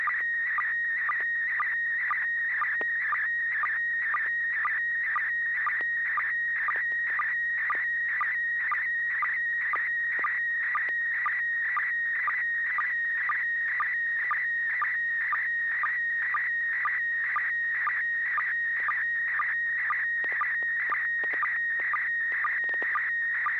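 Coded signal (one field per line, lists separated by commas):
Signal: SSTV (slow-scan television)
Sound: warbling whistle near 1.9 kHz with regular short low chirps, steady throughout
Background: steady low hum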